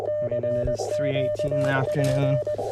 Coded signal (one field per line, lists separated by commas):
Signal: Morse code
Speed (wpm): 19 wpm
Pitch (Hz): 600 Hz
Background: speech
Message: CQP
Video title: 10M Loop And 30M Vertical CW POTA Activation